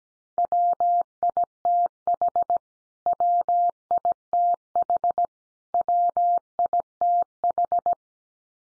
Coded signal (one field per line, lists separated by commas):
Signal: Morse code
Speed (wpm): 17 wpm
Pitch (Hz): 700 Hz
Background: none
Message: WITH WITH WITH